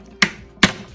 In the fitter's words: push down, and that's locked in position.